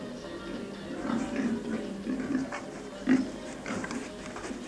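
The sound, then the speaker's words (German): Long-legged black pigs roaming free through town streets grunt and snuffle in low, rough bursts, with one louder grunt standing out near the end over a steady murmur of background noise. “Hochbeinige schwarze Schweine liefen frei durch die Straßen und als es dunkel wurde, übernahmen sie das Regiment in der Stadt.”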